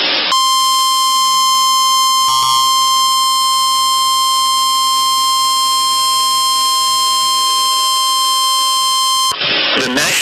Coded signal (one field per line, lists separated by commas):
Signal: Emergency Alert System (SAME) tones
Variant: 1050 Hz attention tone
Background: speech